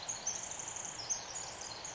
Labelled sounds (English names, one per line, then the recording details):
Pacific Wren
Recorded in Sonoma County, California